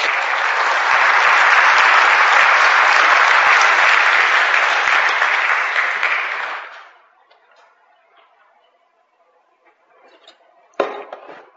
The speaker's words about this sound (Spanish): ¿Cuántos alaban a Dios? Den un aplauso al Señor.